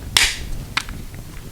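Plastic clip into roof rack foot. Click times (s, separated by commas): 0.2 s, 0.8 s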